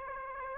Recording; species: mosquito wingbeat signal from an infrared sensor; Aedes aegypti